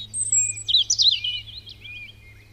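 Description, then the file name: European robin song: a high thin whistle opening into a fast, tumbling cascade of sweet warbled notes that fades into soft trailing twitters over a faint low hum. "Erithacus rubecula"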